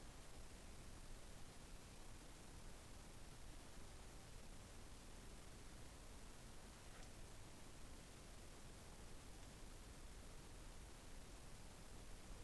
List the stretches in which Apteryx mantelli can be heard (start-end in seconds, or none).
none